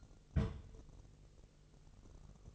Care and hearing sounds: daily activity, microphone in the room; place on stove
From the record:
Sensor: 4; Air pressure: 1000.3 hPa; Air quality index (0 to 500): 218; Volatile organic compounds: 24 ppm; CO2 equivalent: 2812 ppm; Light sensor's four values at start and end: 9/20/8/8 and 9/20/8/8

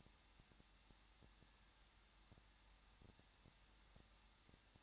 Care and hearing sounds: daily activity, microphone in the room; no activity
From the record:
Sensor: 3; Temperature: 21.2 degrees Celsius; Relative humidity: 36.2%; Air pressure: 1006.4 hPa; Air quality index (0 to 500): 221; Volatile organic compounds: 40 ppm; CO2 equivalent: 3140 ppm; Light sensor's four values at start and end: 2/3/2/2 and 2/3/2/2

